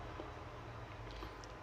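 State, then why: Not seated. The two halves of an electric drill's plastic outer housing are pressed together over the switch and wiring, with only a low steady hum and faint scuffing heard. The body does not lock shut because one wire is in the way, and nothing has clicked or seated.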